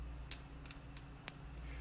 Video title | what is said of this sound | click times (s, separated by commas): AgriPV Lesson Plan - PV System | and then i should be able to slide it in place so now you hear the clicks | 0.3 s, 0.7 s, 1.0 s, 1.3 s